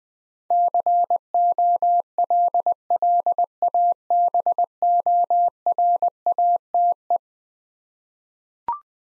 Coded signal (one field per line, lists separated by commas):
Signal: Morse code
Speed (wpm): 21 wpm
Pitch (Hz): 700 Hz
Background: none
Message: COLLABORATE